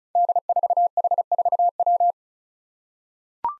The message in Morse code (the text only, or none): D4H4W